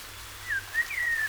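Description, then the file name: Common blackbird soft whistled notes, three short fluty slides in under a second, fairly faint against a light hiss. "Turdus merula"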